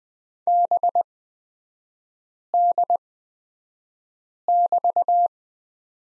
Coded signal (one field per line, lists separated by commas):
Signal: Morse code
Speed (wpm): 20 wpm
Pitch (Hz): 700 Hz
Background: none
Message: BD<BT>